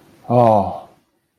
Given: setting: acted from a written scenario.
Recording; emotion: vocal sound without words; sympathy